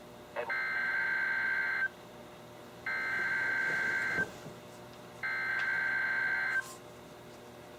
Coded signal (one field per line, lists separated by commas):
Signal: Emergency Alert System (SAME) tones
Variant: header bursts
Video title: EAS #1000-#1003: Flooding in the Night | KHB36